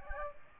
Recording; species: mosquito wingbeat signal from an infrared sensor; Aedes aegypti